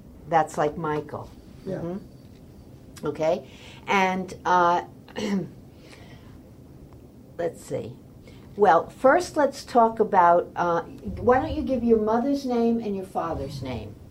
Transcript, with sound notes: That's like Michael.
Yeah.
Um hum. Okay and ah (clear throat) let's see -- well first lets talk about ah -- why don't you give your mother's name and your father's name.